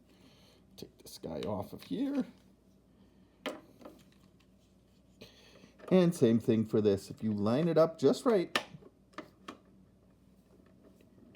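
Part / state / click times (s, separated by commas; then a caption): plastic part onto toy vehicle / seated / 9.2 s, 9.5 s. A plastic part is lined up just right and pressed onto a 1988 Cobra BUGG toy vehicle, and it clicks into place at 9.2 s and 9.5 s, seating and holding. Someone talks throughout, with a sharp tap near 3.5 s and a few faint ticks after it.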